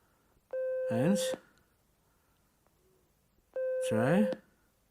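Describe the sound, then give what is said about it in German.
A telephone rings twice as a caller waits for Frau Krumbiegel to answer, each loud electronic ring lasting about a second with a steady, warbling mid-pitched tone, separated by roughly two seconds of near silence. “Ich weiß, dass Sie das Klingeln hören. Gut. Noch dreimal klingeln.”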